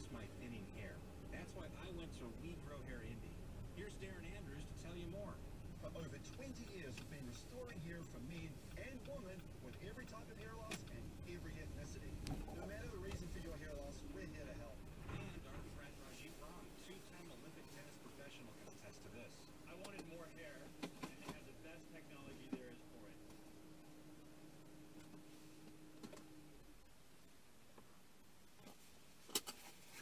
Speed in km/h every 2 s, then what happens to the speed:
21, 21, 18, 13, 15, 13, 13, 8, 2, 0, 0, 0, 0, 0, 0.
0-5 slows to 13. 5-12 steady at about 13. 12-16 slows to 2. 16-30 standing.